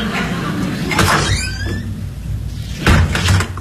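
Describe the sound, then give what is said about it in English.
A door rattles and swings open with a short, high squeak of its hinge, then bumps shut with a muffled thud a second later over a low background rumble, as someone leaves by the back way. “I'm going to go out the back way.”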